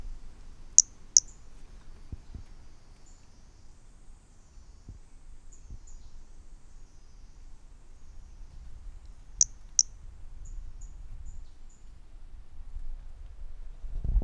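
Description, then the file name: Brachycephalus mirissimus giving short high notes: two sharp clicks, a pause, two more clicks, then a quick run of faint peeps, over low background rumble. Individual 12, recorded 18 January 2018 at 20 to 40 cm; first note of the call missing; specimen collected. "Brachycephalus mirissimus 18 jan 18 individual 12 ex 03 20-40 cm first note missing M R Bornschein"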